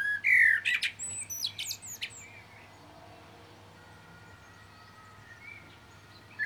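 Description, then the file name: Common blackbird singing a short mellow whistle followed by several thin, high squeaky twitters, then near silence with a faint background hum. "Turdus merula"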